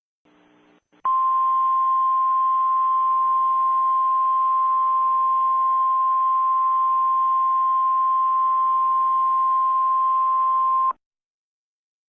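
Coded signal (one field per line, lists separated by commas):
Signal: Emergency Alert System (SAME) tones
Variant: 1050 Hz attention tone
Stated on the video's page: Mock (simulated) EAS alert.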